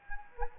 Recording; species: mosquito wingbeat signal from an infrared sensor; Anopheles gambiae